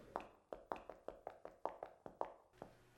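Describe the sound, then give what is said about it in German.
Rapid knocking behind a door in a cellar, growing louder, around a dozen sharp, hollow raps at a steady, even pace, each quickly fading, with no voices. “Das Klopfen wird lauter.”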